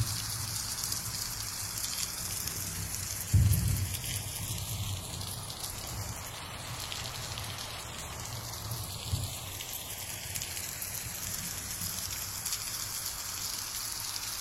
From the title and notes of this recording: Subtle rain and thunder atmosphere.